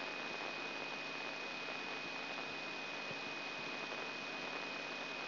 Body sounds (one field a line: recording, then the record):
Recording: brain microelectrode recording played as sound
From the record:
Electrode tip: inside the subthalamic nucleus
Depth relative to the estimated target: -2 mm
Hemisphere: left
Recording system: AlphaMap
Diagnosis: Parkinson's disease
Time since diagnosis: 6 years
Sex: female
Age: 40 years